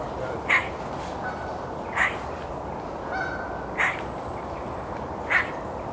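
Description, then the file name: Eurasian magpie uttering four loud, grating calls spaced about one and a half seconds apart over a low, continuous background hiss. "Pica pica"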